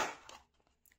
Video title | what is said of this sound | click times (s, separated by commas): Xiaomi robo mop S10 unboxing & full review - ఆడవాళ్లకు ఇది ఒక ఆత్మబంధు - ఖచ్చితంగా ఉండాల్సిన product | టక్ మన సౌండ్ వచ్చింది, ఫిట్ అయిపోయింది అనమాట. | 0.3 s